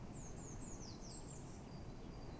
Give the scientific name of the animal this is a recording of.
Cyanistes caeruleus